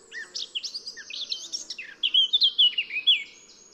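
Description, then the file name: Eurasian blackcap song: dense, scratchy warbling that turns into a run of loud, clear fluty whistles in the second half. "Sylvia atricapilla"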